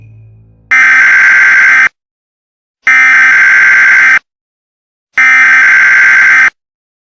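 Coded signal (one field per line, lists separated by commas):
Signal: Emergency Alert System (SAME) tones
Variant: header bursts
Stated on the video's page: Fictional EAS scenario about a deadly virus.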